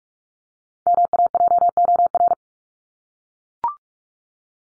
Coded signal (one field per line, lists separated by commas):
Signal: Morse code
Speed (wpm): 44 wpm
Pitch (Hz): 700 Hz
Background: none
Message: MAJOR